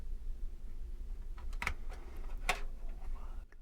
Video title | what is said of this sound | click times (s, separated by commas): The worst pc build you've seen | did you hear that that's what I was missing before that nice click | 1.6 s, 2.5 s